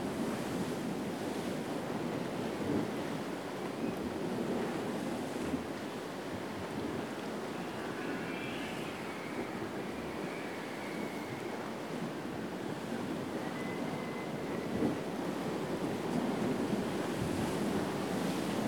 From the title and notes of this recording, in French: An another beautiful morning. Plongée sonore au coeur de l'île d'Alonissos (Grèce). Enregistré en juin 2012.